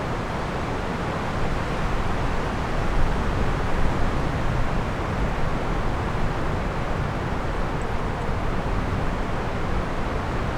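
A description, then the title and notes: Strong wind roars across an open lake on a cold day, a thick, steady rush weighted toward deep rumbling tones. The gusting swells slightly around the third and fourth seconds, then settles back to an even, unbroken blast with no other distinct sounds. I went to Medicine Lake, in Modoc National Forest, on a very cold and windy day in order to test it out. These are the raw files straight from the recorder(Zoom F6) with no editing of any kind. The spot by the lake I did the test was surrounded by Lodgepole Pine, you can clearly hear the wind blowing through them in the background.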